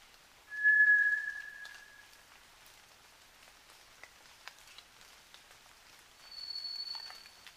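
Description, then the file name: White's thrush song: a long, thin, level whistle, then after a pause a higher, fainter level whistle, with light dripping clicks between. Recorded at night, 29 June 2009, 23:14. "toratugumi 20090629-2314"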